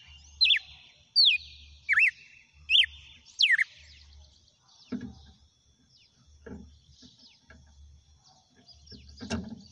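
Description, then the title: Red-cowled cardinal giving five swooping whistled notes in quick succession, then stopping, followed by scattered knocks and rustling. Female. "Canto Galo Campina Fêmea. GALO DE CAMPINA CANTANDO e BATENDO FOGO"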